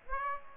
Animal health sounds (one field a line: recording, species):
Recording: mosquito wingbeat signal from an infrared sensor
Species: Aedes aegypti